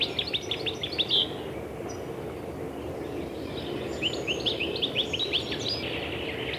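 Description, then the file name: European goldfinch song in two bursts of fast, tinkling twitters separated by a short pause, set against a steady low background drone. "shegol"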